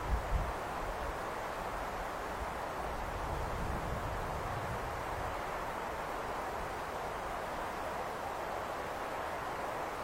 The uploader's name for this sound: Standing on a high place overlooking the fairyland of Xuefeng, listening to the whistling wind